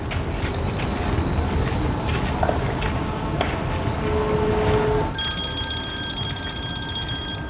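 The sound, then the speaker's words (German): A steady rumble of background noise, then a bright, high electronic mobile phone ringtone suddenly starts ringing and continues loudly and steadily until the end, with no one speaking. “Zu wem passt dieser Klingelton wohl am ehesten?”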